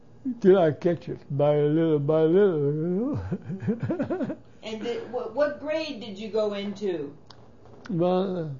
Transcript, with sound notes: until I catch it by little by little, you know. (he laughs)
And did, what grade did you go into?
Well,